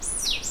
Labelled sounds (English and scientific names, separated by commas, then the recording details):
Stitchbird (Notiomystis cincta) song
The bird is a male
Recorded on Tiritiri Matangi Island, New Zealand, in 2005
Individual 2, of nest box 2